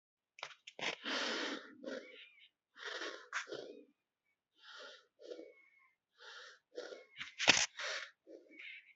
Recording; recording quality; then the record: shallow breathing; excellent, no background noise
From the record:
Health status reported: healthy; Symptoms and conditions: cough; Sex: male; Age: 18 years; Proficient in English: yes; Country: India